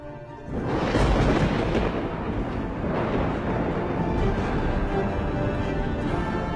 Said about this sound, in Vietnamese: Tiếng sấm vang chớp giật, khung cảnh trở nên chói lòa cả mắt.